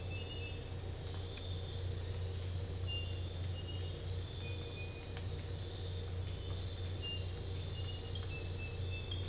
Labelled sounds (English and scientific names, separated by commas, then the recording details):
none
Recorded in secondary vegetation near Puerto Asís, Putumayo, Colombia, on 22 December 2024 at 02:00
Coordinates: 0.484, -76.319
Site GP06